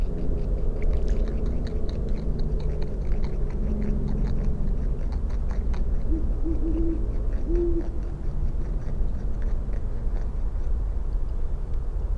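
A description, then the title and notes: Beavers chew steadily, a dense run of crunching and gnawing bites that keeps going through the whole stretch. A low, muffled rumble sits underneath, and a few short tonal calls surface around the middle, roughly six to eight seconds in. Beavers chewing (later swimming), Great Horned Owl hooting, and a few mallard ducks quacking. In Dyke Marsh from board walk on Mt Vernon trail, facing east. Fostex FR-2, Sennheiser ME62 and Telinga parabola.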